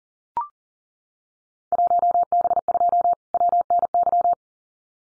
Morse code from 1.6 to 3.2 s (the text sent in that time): 1B2